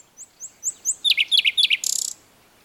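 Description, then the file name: Common nightingale song: a series of short rising whistles, then loud repeated down-slurred notes ending in a fast buzzy rattle. "Luscinia megarhynchos"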